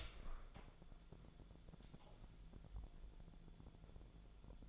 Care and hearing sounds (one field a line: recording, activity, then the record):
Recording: daily activity, microphone in the room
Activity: open door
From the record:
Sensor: 5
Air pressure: 1000.6 hPa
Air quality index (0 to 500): 152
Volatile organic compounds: 2 ppm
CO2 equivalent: 1170 ppm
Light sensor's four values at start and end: 49/114/47/51 and 48/113/47/50